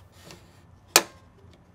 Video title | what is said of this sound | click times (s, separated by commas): Ton Astral 100 / 150® en vidéo (version sous-titrée) | et en le faisant glisser jusqu'à entendre le clac. | 1.0 s